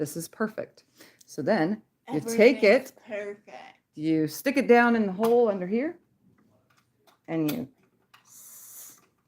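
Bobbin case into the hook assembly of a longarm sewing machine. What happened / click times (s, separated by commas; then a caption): The small metal case is being handled and guided in but has not yet snapped home / none. Someone talks while handling a metal bobbin case after testing its bobbin tension, getting ready to push it up into the hook opening of the hook assembly under a longarm sewing machine. Faint handling sounds follow the talk. The clip ends before the case goes in, so nothing has seated or clicked yet.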